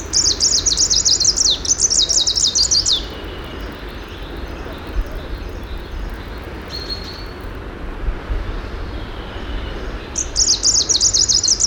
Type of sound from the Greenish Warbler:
song